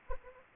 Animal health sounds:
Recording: mosquito wingbeat signal from an infrared sensor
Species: Anopheles arabiensis

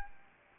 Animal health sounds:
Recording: mosquito wingbeat signal from an infrared sensor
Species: Anopheles arabiensis

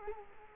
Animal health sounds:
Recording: mosquito wingbeat signal from an infrared sensor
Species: Culex quinquefasciatus

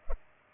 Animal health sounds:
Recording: mosquito wingbeat signal from an infrared sensor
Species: Culex pipiens

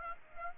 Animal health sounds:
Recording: mosquito wingbeat signal from an infrared sensor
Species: Aedes aegypti

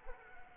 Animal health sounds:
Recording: mosquito wingbeat signal from an infrared sensor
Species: Anopheles arabiensis

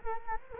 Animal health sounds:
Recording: mosquito wingbeat signal from an infrared sensor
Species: Culex quinquefasciatus

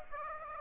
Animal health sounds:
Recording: mosquito wingbeat signal from an infrared sensor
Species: Aedes aegypti

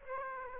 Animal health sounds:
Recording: mosquito wingbeat signal from an infrared sensor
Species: Aedes aegypti

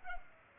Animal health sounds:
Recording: mosquito wingbeat signal from an infrared sensor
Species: Culex pipiens

